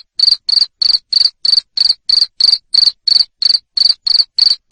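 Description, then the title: Cricket chirping steadily, short high chirps repeated about three times per second without pause. Loud cricket chirping used to stimulate lovebirds into continuous singing (ngekek). "Suara JANGKRIK NGERIK Keras Bikin LOVEBIRD Jadi NGEKEK Terus"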